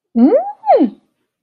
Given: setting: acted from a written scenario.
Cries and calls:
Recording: vocal sound without words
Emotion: elation

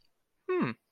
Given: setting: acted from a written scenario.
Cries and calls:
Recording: vocal sound without words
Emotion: interest

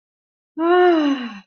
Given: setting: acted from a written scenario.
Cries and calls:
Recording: vocal sound without words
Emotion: ecstasy

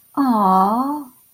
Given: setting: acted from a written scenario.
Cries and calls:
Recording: vocal sound without words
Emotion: sympathy

